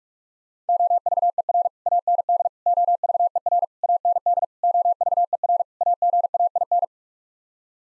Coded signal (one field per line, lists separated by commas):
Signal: Morse code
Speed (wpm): 46 wpm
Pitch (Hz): 700 Hz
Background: none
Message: OVER AND OVER AND OVER AGAIN